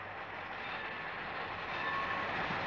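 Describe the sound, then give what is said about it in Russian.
An express train wrapped in black smoke comes round a bend in the railway, a steady broad rumble and rush of wheels that grows slightly louder, with faint high metallic squeals riding over the roar. “Из-за поворота железной дороги выскочил окутанный черным дымом курьерский поезд.”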